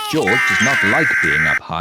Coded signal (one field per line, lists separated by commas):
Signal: Emergency Alert System (SAME) tones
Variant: header bursts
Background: speech